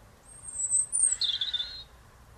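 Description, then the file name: European robin song, a long thin very high whistle followed by a descending warbled trill with a faint rough undertone. "Erithacus rubecula"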